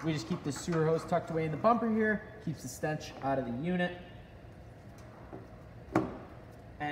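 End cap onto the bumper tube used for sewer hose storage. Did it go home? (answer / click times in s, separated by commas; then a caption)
yes / 6.0 s. Someone talks while putting the end cap onto the rear bumper tube that stores the sewer hose on a 2024 F R Wildwood 36VBDSX. A single sharp click at 6.0 s marks the cap locking into place.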